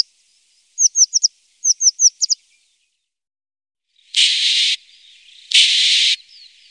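Eurasian blue tit calling with thin, high, quick notes in two groups of four, followed by two short bursts of hissing noise.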